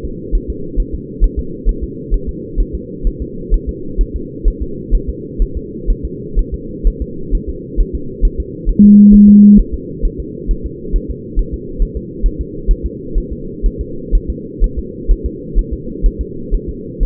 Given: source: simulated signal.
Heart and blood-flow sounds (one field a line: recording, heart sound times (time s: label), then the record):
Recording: fetal heart sounds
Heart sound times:
0.05 s: S2
0.35 s: S1
0.50 s: S2
0.80 s: S1
0.94 s: S2
1.24 s: S1
1.39 s: S2
1.69 s: S1
1.84 s: S2
2.14 s: S1
2.29 s: S2
2.60 s: S1
2.75 s: S2
3.07 s: S1
3.22 s: S2
3.54 s: S1
3.69 s: S2
4.01 s: S1
4.16 s: S2
4.48 s: S1
4.62 s: S2
4.95 s: S1
5.09 s: S2
5.42 s: S1
5.57 s: S2
5.90 s: S1
6.05 s: S2
6.39 s: S1
6.54 s: S2
6.87 s: S1
7.02 s: S2
7.35 s: S1
7.50 s: S2
7.80 s: S1
7.95 s: S2
8.25 s: S1
8.40 s: S2
8.69 s: S1
8.84 s: S2
9.14 s: S1
9.29 s: S2
9.59 s: S1
9.74 s: S2
10.05 s: S1
10.20 s: S2
10.51 s: S1
10.66 s: S2
10.96 s: S1
11.10 s: S2
11.39 s: S1
11.54 s: S2
11.82 s: S1
11.97 s: S2
12.26 s: S1
12.41 s: S2
12.71 s: S1
12.86 s: S2
13.18 s: S1
13.32 s: S2
13.66 s: S1
13.81 s: S2
14.15 s: S1
14.30 s: S2
14.64 s: S1
14.79 s: S2
15.11 s: S1
15.26 s: S2
15.59 s: S1
15.74 s: S2
16.06 s: S1
16.21 s: S2
16.54 s: S1
16.69 s: S2
17.03 s: S1
From the record:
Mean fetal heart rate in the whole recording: 130 bpm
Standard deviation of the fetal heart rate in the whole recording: 4 bpm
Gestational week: 38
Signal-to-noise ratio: -4.3 dB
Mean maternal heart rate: 72 bpm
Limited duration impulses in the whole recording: present